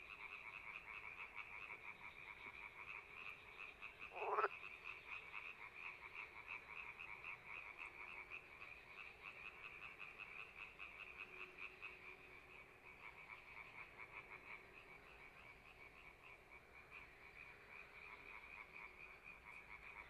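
Frogs call in a dense, steady chorus of fast, rattling croaks pitched in the mid range, running unbroken for the whole stretch. A single brief louder call stands out near four seconds, and the chorus softens slightly after about twelve seconds.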